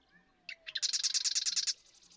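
Marsh Wren song, a short opening note followed by a quick, even series of harsh reeling notes lasting about a second.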